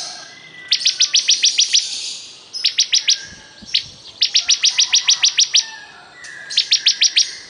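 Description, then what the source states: Bar-winged prinia song, four bursts of rapid high, clipped notes repeated evenly. Singing vigorously ('gacor').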